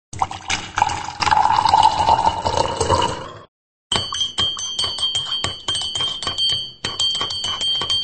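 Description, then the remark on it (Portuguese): Coffee is poured into a cup at a radio show's sound desk in a steady, gurgling stream for about three seconds. After a short silence comes a run of bright, high, ringing metallic tones, tapped out in quick repeated strokes. “Põe um golinho pra nós”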